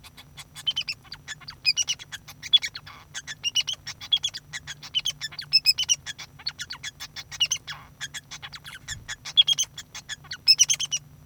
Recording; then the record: song of a male Bengalese finch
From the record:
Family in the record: son of father 2